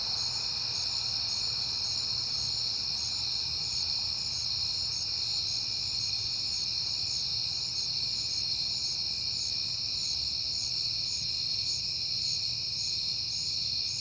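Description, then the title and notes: Crickets form a steady high chorus, with one pulsed trill beating rapidly above the rest and a low background rumble. Crickets recorded at night in September, on a peaceful night. "Night Time: Crickets and Passing Cars. It is September and I have been hearing the crickets a lot"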